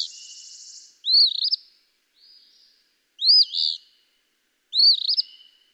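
Eastern phoebe giving three hoarse, arched phrases about two seconds apart, opening with a soft buzzy hiss.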